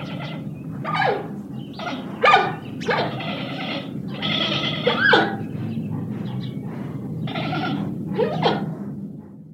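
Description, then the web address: Panda calls: a series of bleating, nasal honks and squeals, some rising and falling, given irregularly throughout over a low steady background hum. "панда"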